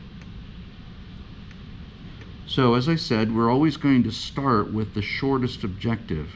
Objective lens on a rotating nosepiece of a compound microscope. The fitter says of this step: you get an objective lens seated directly over the hole in the stage you will feel and hear it click so